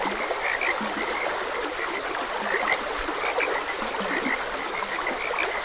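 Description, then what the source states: Frogs croaking, clustered short notes and a few low grunts, heard over steadily trickling stream water. Frogs croaking beside a gentle stream.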